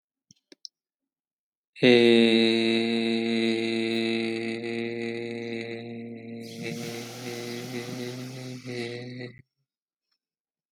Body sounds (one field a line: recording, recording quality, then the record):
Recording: sustained vowel as in made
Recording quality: excellent, no background noise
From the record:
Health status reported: healthy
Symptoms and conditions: none ticked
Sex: male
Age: 25 years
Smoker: yes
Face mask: not worn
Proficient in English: yes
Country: India